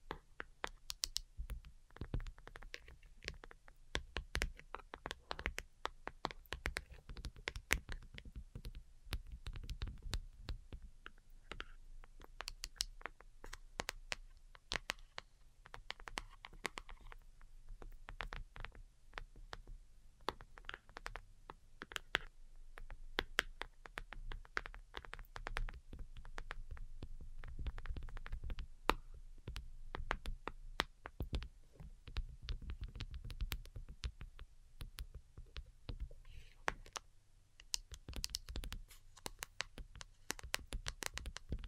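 Delicate tapping in quick, irregular bursts of crisp clicks fills the whole stretch, over a soft low rumble that swells now and then.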